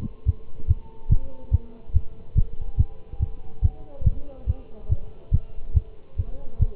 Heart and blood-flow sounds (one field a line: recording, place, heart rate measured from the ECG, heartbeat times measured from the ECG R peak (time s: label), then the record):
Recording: heart sounds by stethoscope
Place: between the tricuspid and mitral areas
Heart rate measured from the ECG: 142 bpm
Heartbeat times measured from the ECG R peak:
0.27 s: heartbeat
0.69 s: heartbeat
1.11 s: heartbeat
1.53 s: heartbeat
1.95 s: heartbeat
2.37 s: heartbeat
2.79 s: heartbeat
3.21 s: heartbeat
3.63 s: heartbeat
4.06 s: heartbeat
4.48 s: heartbeat
4.91 s: heartbeat
5.33 s: heartbeat
5.76 s: heartbeat
6.18 s: heartbeat
6.61 s: heartbeat
From the record:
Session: Bruce protocol treadmill stress test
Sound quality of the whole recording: good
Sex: male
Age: 25 years